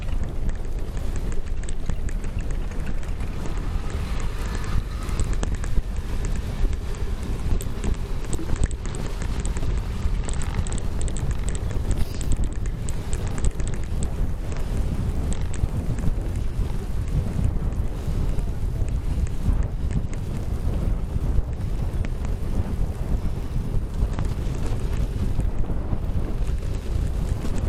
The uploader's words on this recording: Hämeentie (Helsinki) cycle path after a snowstorm. We had a major snowstorm in Helsinki today and what better way to celebrate than grab the mountain bike and go out for a ride.